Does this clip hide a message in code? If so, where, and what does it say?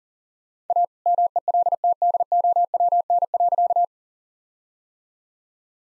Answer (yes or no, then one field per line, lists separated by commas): yes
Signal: Morse code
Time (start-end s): 0.7-3.8 s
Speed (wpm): 40 wpm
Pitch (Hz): 700 Hz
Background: none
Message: A MELTDOWN.